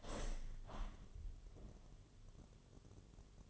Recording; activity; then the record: daily activity, microphone in the room; open window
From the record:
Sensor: 4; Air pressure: 1007.4 hPa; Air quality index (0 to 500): 199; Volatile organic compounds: 7 ppm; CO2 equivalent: 1981 ppm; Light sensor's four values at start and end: 23/73/28/27 and 23/73/28/27